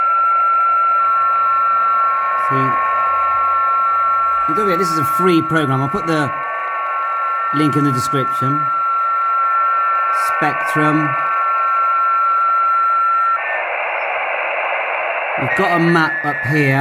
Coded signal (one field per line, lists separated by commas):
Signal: FT8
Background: speech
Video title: YAESU 818, FT8 - ANDROID FT8-CN Free Programme